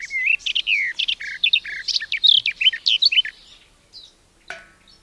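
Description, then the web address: Garden warbler delivering a brisk, melodious warble of liquid notes for about three seconds, then a few faint sounds and a single sharp click. "agykontroll Madardalok Cd 2. Kerti poszáta"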